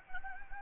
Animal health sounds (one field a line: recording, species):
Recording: mosquito wingbeat signal from an infrared sensor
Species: Anopheles gambiae